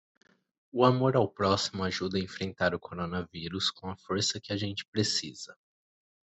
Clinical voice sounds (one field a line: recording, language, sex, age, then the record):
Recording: spoken sentence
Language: Brazilian Portuguese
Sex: male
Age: 30 to 39 years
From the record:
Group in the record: control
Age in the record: 31 years